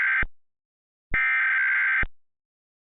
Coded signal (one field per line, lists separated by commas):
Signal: Emergency Alert System (SAME) tones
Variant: header bursts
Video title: (VALID TONES) REAL EAS REENACTMENT MOCK: Texas Winter Storm Warning (January 2026)